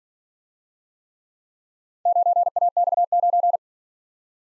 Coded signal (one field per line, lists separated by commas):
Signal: Morse code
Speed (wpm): 46 wpm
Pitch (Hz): 700 Hz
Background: none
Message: 9AX9